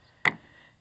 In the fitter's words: I used a screwdriver just to push it in all the way around and eventually the rest of it snapped into place